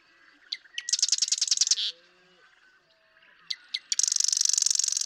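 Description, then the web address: Marsh Wren song: a few sharp clicks lead into a fast, buzzy rattling trill, then more clicks and a second rattle. "birdsongforthecurious Marsh Wren"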